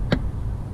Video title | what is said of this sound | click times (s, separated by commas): Auto Trans Shifter Bushing Replacement & Transfer Case Shifter Seat Replacement (3rd Gen 4runner) | for a lot of jobs I'm gonna push it in it's gonna pop and then you can get a screwdriver behind it and pry it out so | 0.1 s